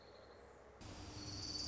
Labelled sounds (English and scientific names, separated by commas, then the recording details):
Orange-crowned Warbler (Leiothlypis celata)
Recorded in Sonoma County, California